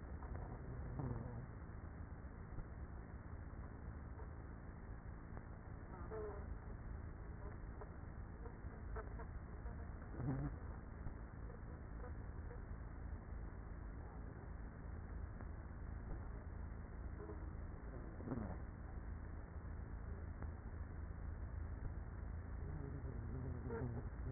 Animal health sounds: honeybee colony, microphone inside the hive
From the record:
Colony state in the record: queenless with a low population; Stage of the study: after two queens were removed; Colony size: about 30,000 bees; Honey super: no

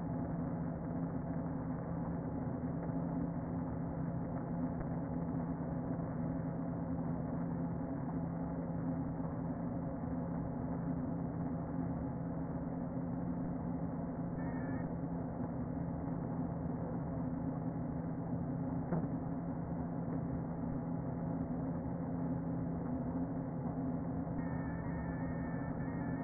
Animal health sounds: honeybee colony, microphone inside the hive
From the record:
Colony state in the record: queen present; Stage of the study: before two queens were removed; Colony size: about 60,000 bees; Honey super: yes

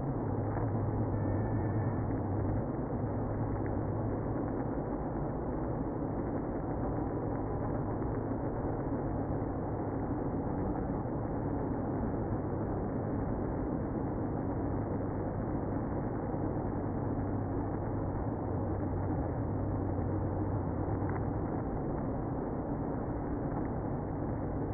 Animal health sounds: honeybee colony, microphone inside the hive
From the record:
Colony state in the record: queenless (queen removed); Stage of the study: after two queens were removed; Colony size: about 60,000 bees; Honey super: yes

